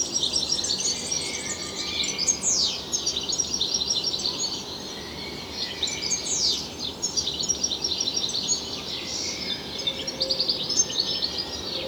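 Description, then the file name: European goldfinch song, jangling high twitters broken by quick downward slurs. "Carduelis carduelis"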